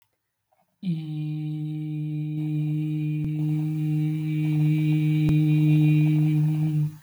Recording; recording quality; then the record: sustained vowel as in beet; excellent, no background noise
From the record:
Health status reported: healthy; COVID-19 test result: negative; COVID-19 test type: RT-PCR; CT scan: not taken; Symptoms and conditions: none ticked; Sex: male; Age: 20 years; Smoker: no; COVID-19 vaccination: both doses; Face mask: worn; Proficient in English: yes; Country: India